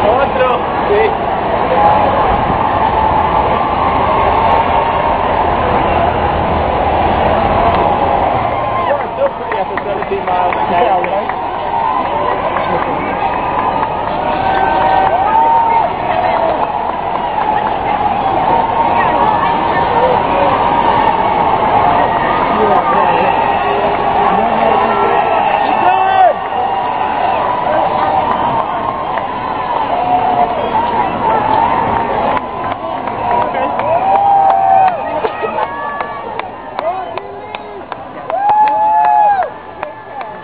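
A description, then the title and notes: People gathered in misty rain, with a dense, continuous murmur of overlapping voices throughout. A low rumble sits under the first eight seconds, then fades. Toward the end, louder single voices call out with rising, sung-like shouts around 35 and 39 seconds. NYC MARATHON 2017 - New York City FUN Moments. 55 degrees, misty rain, and some typically odd people watching & participating.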